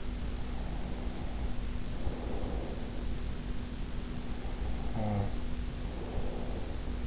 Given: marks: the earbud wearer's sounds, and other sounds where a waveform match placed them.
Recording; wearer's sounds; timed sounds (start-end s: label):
sounds in sleep by an in-ear microphone; breath, snoring breath
0.25-3.43 s: breath
4.09-7.07 s: snoring breath